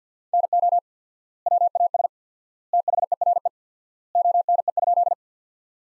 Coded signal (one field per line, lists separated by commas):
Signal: Morse code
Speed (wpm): 50 wpm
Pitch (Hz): 700 Hz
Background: none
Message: NO WAS THERE ONE?